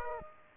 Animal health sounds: mosquito wingbeat signal from an infrared sensor; Aedes aegypti

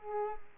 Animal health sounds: mosquito wingbeat signal from an infrared sensor; Culex quinquefasciatus

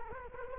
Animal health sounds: mosquito wingbeat signal from an infrared sensor; Culex quinquefasciatus

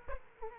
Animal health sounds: mosquito wingbeat signal from an infrared sensor; Aedes aegypti

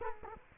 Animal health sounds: mosquito wingbeat signal from an infrared sensor; Culex quinquefasciatus

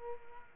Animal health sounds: mosquito wingbeat signal from an infrared sensor; Aedes aegypti

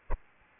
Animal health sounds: mosquito wingbeat signal from an infrared sensor; Aedes albopictus

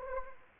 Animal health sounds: mosquito wingbeat signal from an infrared sensor; Anopheles arabiensis

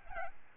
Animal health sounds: mosquito wingbeat signal from an infrared sensor; Aedes albopictus

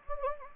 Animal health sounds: mosquito wingbeat signal from an infrared sensor; Anopheles gambiae

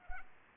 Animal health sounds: mosquito wingbeat signal from an infrared sensor; Anopheles arabiensis

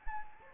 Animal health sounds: mosquito wingbeat signal from an infrared sensor; Anopheles arabiensis

